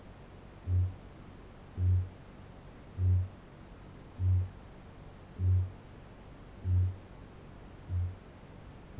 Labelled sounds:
Kākāpō boom
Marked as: faintness 2/5
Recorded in New Zealand
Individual Barnard

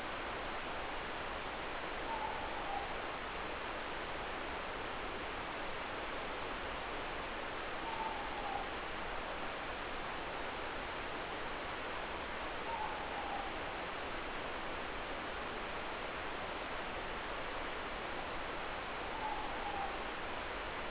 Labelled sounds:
Morepork more-pork call
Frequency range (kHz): Morepork 0.7-1.1 kHz
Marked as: faintness 4/5
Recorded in New Zealand
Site Eglinton

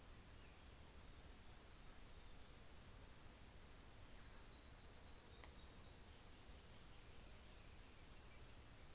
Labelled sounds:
New Zealand Fantail
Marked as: faintness 5/5, faintness 4/5
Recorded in New Zealand on 24 December 2018
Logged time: 15:00

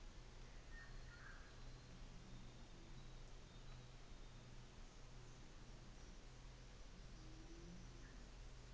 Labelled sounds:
New Zealand Fantail
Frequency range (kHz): New Zealand Fantail 4.6-7.8 kHz
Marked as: faintness 5/5
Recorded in New Zealand on 24 December 2018
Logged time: 13:05

